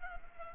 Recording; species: mosquito wingbeat signal from an infrared sensor; Culex pipiens